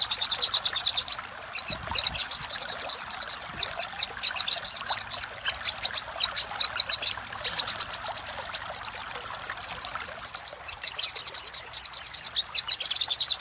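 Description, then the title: Little spiderhunter giving rapid high-pitched note strings, with short pauses between runs. Master recording used for training cage birds; Indonesian name sogok ontong labaik. "Masteran Burung Sogok Ontong Labaik"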